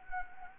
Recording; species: mosquito wingbeat signal from an infrared sensor; Anopheles gambiae